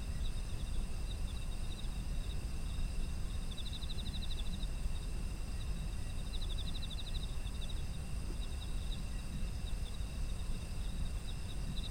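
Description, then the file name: Insects trilling: bursts of fast high pulsed chirps near four, seven and nine to twelve seconds, over steady thin insect tones and low rumble. Autumn insect ambience. "秋の虫の環境音"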